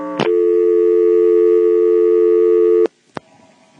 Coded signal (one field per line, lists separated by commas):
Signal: telephone call progress tone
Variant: North America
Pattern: dial tone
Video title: Carolina Telephone Part 4 - NX1-E in Vanceboro NC (March, 1977)